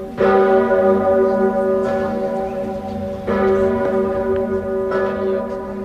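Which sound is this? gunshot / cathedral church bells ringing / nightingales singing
cathedral church bells ringing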